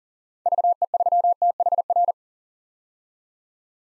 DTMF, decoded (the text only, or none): none